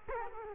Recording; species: mosquito wingbeat signal from an infrared sensor; Culex quinquefasciatus